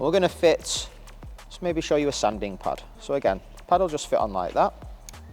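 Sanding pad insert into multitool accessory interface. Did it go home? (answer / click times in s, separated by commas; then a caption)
yes / 5.1 s. A sanding pad insert is pushed onto a multitool's accessory interface under the top latch while someone talks. It clicks into place at 5.1 s, and the pad is seated.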